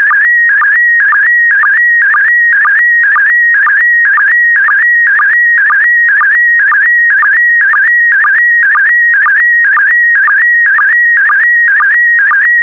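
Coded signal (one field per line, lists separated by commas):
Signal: SSTV (slow-scan television)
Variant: PD120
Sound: steady whistle broken by rhythmic warbling chirps about twice a second, with low sync blips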